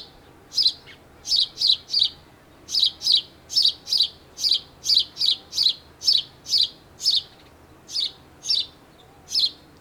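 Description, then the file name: House sparrow chirping: short bright chirps repeated steadily, about two per second for ten seconds. "Passer domesticus"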